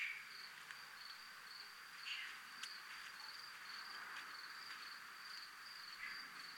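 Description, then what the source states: Cricket chirping, a thin high steady tone broken into short pulses with brief gaps, faint against a soft hiss with occasional clicks. Several crickets in a military zone.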